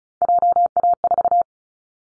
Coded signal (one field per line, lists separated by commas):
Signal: Morse code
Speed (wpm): 34 wpm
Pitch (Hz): 700 Hz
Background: none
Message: JA4